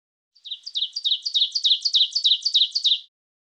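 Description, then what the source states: Bird song: a fast, even trill of repeated two-part chirping notes, about three seconds long, steady in pitch and rhythm, with no other sounds. North American forest.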